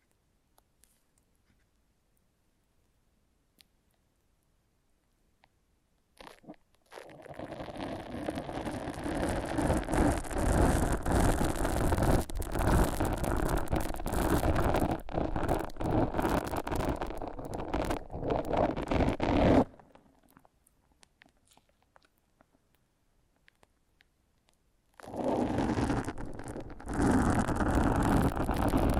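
Foam massage: near-silence for the first six seconds, then a dense, rough rubbing and squeaking hiss that runs steadily from about 7 to 19 seconds. After a quiet gap, the same fizzy, scrubbing sound returns from around 25 seconds to the end.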